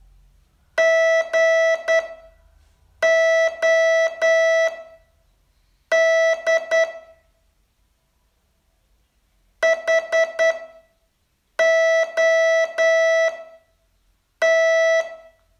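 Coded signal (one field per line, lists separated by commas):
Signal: Morse code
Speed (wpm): 10 wpm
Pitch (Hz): 660 Hz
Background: none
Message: GOD HOT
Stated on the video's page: Morse training test from day 36 of a 42-day course.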